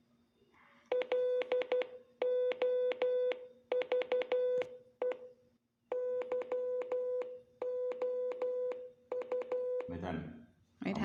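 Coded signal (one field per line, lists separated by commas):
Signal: Morse code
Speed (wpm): 12 wpm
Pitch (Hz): 500 Hz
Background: speech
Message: LOVE YOU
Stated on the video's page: Morse code sent at home with a father who is a retired police communications operator.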